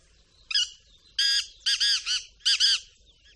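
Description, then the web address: Black francolin giving a harsh, grating call of loud rasping notes, the later ones doubled and stuttered. "chernyy frankolin frankolin ptitsa"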